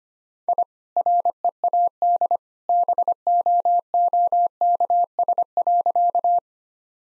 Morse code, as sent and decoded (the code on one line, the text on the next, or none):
.. / .-. . .- -.. / -... --- --- -.- ... .-.-.-
I READ BOOKS.